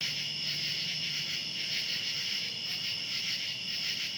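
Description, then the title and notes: Cicadas producing an unbroken high buzzy drone, steady and even across the short stretch, above faint low rumble. Recorded outdoors at night. "Ext. Cicadas, Night by Bandeto"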